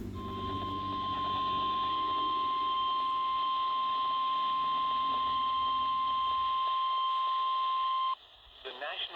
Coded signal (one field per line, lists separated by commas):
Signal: Emergency Alert System (SAME) tones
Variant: 1050 Hz attention tone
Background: speech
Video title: SVR On KZZ35! (EAS #168)